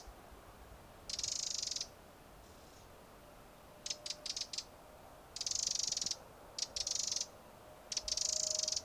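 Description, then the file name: Eurasian wren giving harsh, churring rattles in bursts of varying length, some broken into short stuttering pieces, with a low constant hum behind. "Troglodytes troglodytes"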